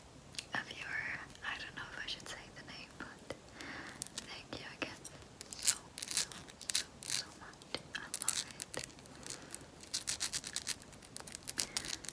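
Rings being scratched, a dense run of dry, rasping scrapes and sharp clicks. Strokes come in quick bursts with brief pauses, growing busier and more clicky after about five seconds. The sound is bright and crackly with little low end, over a faint hiss.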